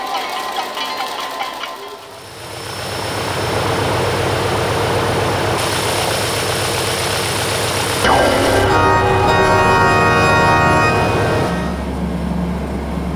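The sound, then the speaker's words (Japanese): A steady, loud airplane engine drone in flight, from the video game We Love Katamari, with a broad roaring hiss and a low throbbing hum, building after a brief quiet start and holding continuously, with tonal whines shifting partway through. “はいはい、早くしないと飛行機が出てしまいますよ。”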